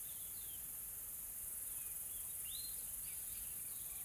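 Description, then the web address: Insects, a steady high-pitched drone, with a few brief bird chirps. Calm, soft insect ambience in a tropical forest in South Africa. "Smart Sound FX - Nature South Africa AMBIENCE Additional Tropical Forest Soft Insects Calm"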